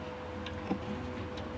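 The engine oil drain plug in the sump of a Vauxhall Mokka 1.4 Turbo (B14NET) is turned out by hand while a finger pushes it in. A short click at 0.5 s (0.47 s) marks the plug reaching the end of its thread and coming free, over a steady background hum. The plug is released, and the oil starts to drip.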